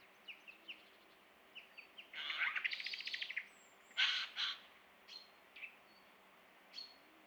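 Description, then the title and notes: Eurasian jay rasping screeches amid a busy mix of short thin chirps and whistles, with one longer stuttering rattle. October 2019; jays from northern Europe arriving across the country in large numbers after poor oak fruiting in Scandinavia and probably good breeding; an ambience of varied calls of the species. "sonothèque Fernand DEROUSSEN. Geai des chênes (Garrulus glandarius)"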